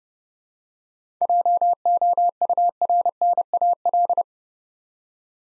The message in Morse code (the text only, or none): JOURNAL